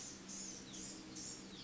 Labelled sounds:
Blue-gray Gnatcatcher (Polioptila caerulea)
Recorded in Sonoma County, California

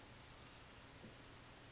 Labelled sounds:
California Towhee (Melozone crissalis)
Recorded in Sonoma County, California

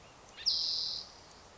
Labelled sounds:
Spotted Towhee (Pipilo maculatus)
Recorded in Sonoma County, California

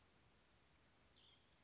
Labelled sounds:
Cassin's Vireo (Vireo cassinii)
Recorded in Sonoma County, California

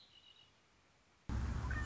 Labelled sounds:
Red-winged Blackbird (Agelaius phoeniceus)
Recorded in Sonoma County, California

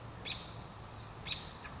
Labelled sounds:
American Robin (Turdus migratorius)
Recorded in Sonoma County, California

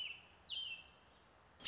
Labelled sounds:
American Robin (Turdus migratorius)
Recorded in Sonoma County, California

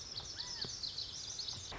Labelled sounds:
Lazuli Bunting (Passerina amoena)
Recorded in Sonoma County, California

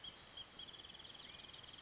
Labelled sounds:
Wrentit (Chamaea fasciata)
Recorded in Sonoma County, California

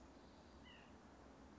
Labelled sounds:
White-breasted Nuthatch (Sitta carolinensis)
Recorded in Sonoma County, California

